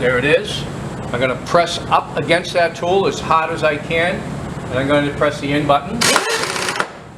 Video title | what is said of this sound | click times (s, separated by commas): Manual Mill Performance Exam | Once I hear that clicking sound, I know that the tool is properly engaged. | 6.8 s